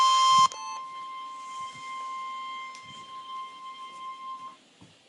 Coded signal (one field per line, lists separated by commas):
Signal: Emergency Alert System (SAME) tones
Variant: 1050 Hz attention tone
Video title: NOAA Weather Radio: Required Weekly Test (EAS #36)